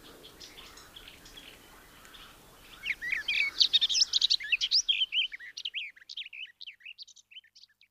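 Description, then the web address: Garden warbler song: faint warbling at first, then a loud rush of tumbling, throaty notes that trails off into softer scattered twitters. "agykontroll Madardalok Cd 2. Kerti poszáta"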